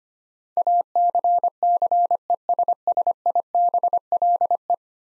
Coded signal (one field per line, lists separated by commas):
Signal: Morse code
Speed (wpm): 25 wpm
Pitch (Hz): 700 Hz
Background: none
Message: ACCESSIBLE